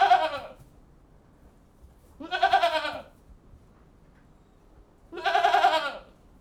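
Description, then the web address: Goat bleats, three harsh wavering calls a few seconds apart, with quiet between them. General atmosphere inside a goat house; livestock. "BBC Sound Effects Library Livestock General Atmosphere In Goat-House"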